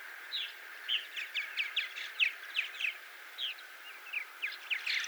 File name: purple martin by paul marvin